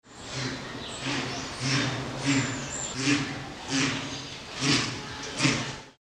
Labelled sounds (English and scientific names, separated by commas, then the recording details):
Victoria Crowned Pigeon (Goura victoria)
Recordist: Tembrock, Günter
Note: Paar: Schnabelkontakt, dunkle Lautfolge